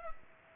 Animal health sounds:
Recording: mosquito wingbeat signal from an infrared sensor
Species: Culex pipiens

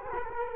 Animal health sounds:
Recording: mosquito wingbeat signal from an infrared sensor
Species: Culex quinquefasciatus

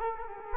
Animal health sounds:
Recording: mosquito wingbeat signal from an infrared sensor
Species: Culex quinquefasciatus

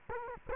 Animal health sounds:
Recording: mosquito wingbeat signal from an infrared sensor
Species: Culex quinquefasciatus

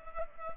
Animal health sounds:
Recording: mosquito wingbeat signal from an infrared sensor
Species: Culex pipiens

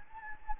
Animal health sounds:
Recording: mosquito wingbeat signal from an infrared sensor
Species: Anopheles gambiae

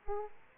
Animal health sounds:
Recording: mosquito wingbeat signal from an infrared sensor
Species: Aedes aegypti

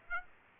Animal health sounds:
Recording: mosquito wingbeat signal from an infrared sensor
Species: Aedes aegypti

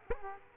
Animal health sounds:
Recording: mosquito wingbeat signal from an infrared sensor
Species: Culex quinquefasciatus

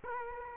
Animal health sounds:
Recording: mosquito wingbeat signal from an infrared sensor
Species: Culex quinquefasciatus

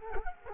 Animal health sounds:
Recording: mosquito wingbeat signal from an infrared sensor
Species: Culex quinquefasciatus

